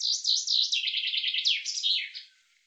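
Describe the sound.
Bird chirping in a lively sequence of high, wavering notes, first looping, then quicker and lower, ending in a few separate chirps.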